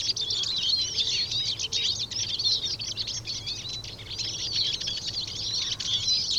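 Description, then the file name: Eurasian siskin twittering calls, a dense stream of high, thin chirps and short whistled notes, overlapping continuously throughout. "Eurasian Siskin (Carduelis spinus)"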